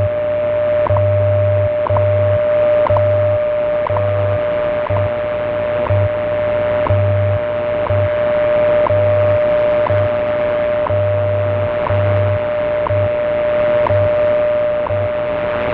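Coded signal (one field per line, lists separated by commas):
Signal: radio time signal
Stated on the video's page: Time signal from WWV, used for timing an asteroid occultation recording.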